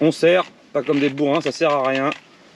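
A CO2 capsule sits head-down in the stock of an Umarex TR50 home-defense air revolver (assault-rifle version), loaded that way because the stock's cap is a striker plug that pierces it. Only someone talking is heard, with no mechanical sounds. Nothing has been pierced or seated yet.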